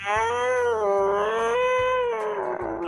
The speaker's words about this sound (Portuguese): Nossa, isso daí se chama gato. Eles levam o gato dentro do submarino e ele pisa no rabo dele, né?